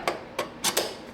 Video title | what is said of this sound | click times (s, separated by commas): 💀Spirit Halloween-2023 Black Heart unboxing/setup/demo💀 | so you hear that snap lock | 0.8 s